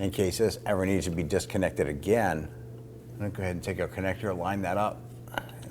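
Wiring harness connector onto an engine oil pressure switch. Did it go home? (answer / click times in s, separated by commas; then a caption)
yes / 5.4 s. Someone talks while a wiring harness connector is lined up and pushed onto the new engine oil pressure switch of a 2008-2011 Ford Focus 2.0L. A soft rustle is followed by a short, sharp click at 5.4 s as the connector locks into place and is seated.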